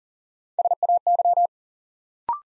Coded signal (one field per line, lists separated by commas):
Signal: Morse code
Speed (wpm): 40 wpm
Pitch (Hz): 700 Hz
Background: none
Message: SAY